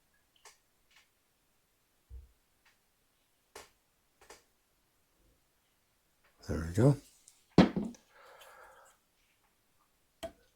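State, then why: Seated. A fletching clamp is set onto a vertical magnetic fletching jig, and its strong magnets pull it into place with a sharp snap at 10.2 s. Someone talks during the clip, and soft handling taps come before the snap. The clamp seats on the jig.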